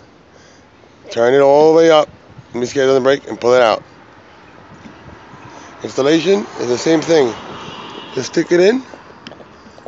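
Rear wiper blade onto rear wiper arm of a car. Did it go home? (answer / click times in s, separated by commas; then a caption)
yes / 9.3 s. A new rear wiper blade is pushed onto the rear wiper arm of a Kia Soul until it locks in place. Someone talks for most of the clip, and then a sharp click is heard at 9.3 s as the blade seats on the arm, with a fainter tap near the end.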